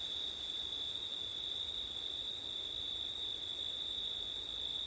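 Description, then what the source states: Crickets produce a constant high, ringing trill with a brief break in the higher band near the two-second mark, with soft noise underneath. September night, with wind; ORTF stereo microphone setup.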